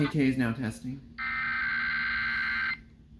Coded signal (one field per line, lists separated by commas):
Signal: Emergency Alert System (SAME) tones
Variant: header bursts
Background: speech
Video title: THE START OF SUMMER/EAS 2000!! EAS Alerts from 6/4/23 (EAS 1992-2017)